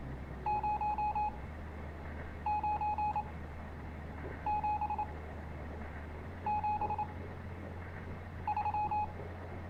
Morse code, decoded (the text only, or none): 0 9 7 7 3